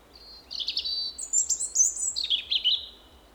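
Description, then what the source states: European robin singing a continuous phrase of high, thin, tumbling notes: quick warbles, drawn-out whistles and fluttering trills shifting in pitch, with soft background hiss. Possibly 18 September 2024.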